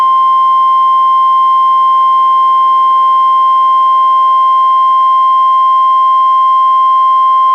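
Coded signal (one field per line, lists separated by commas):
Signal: Emergency Alert System (SAME) tones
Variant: 1050 Hz attention tone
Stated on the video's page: Required Weekly Test from the National Weather Service relayed by NOAA Weather Radio station in Astoria, received on a Reecom R-1630 weather radio and recorded through a Zoom H1.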